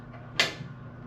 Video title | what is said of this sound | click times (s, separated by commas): Upgrading the Harbor Freight US General 4 Drawer Cart With Extra Drawer Storage | Another click. | 0.4 s